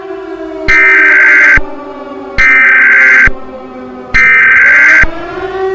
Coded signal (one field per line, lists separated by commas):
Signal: Emergency Alert System (SAME) tones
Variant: header bursts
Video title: EAS Scenario: War Against Ares and Evil Greek Gods